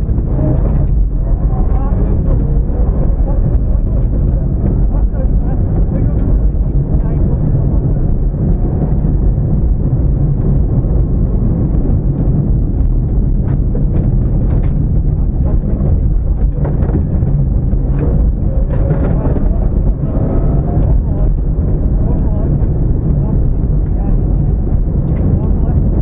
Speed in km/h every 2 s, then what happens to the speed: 50, 68, 89, 97, 121, 129, 126, 114, 77, 71, 85, 103, 116.
0-10 speeds up to 129. 10-17 brakes to 71. 18-26 speeds up to 116.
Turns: none.